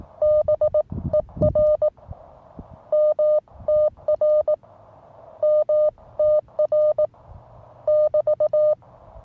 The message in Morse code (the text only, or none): BER MTR MTR <BT>